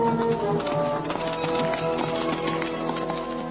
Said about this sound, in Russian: Внезапно вдоль края стада пронеслись, вздымая пыль и грохоча копытами, пятеро зверей, смахивающих на безрогих лосей. На их спинах сидели люди.